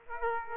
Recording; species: mosquito wingbeat signal from an infrared sensor; Aedes aegypti